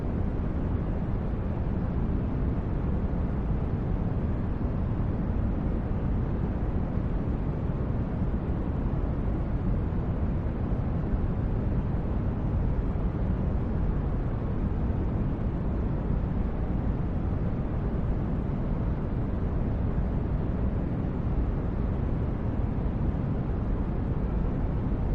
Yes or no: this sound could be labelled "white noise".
yes